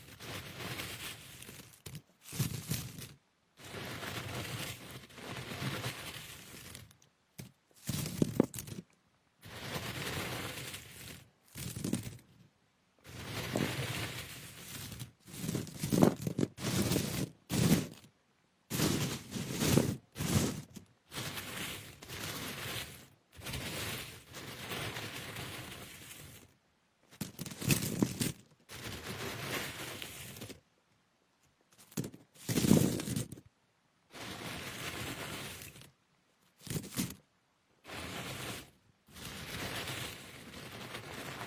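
Crunchy jasmine tea leaves are brushed in short, dry, rustling strokes, repeated irregularly with brief silences between, some bursts sharper and louder.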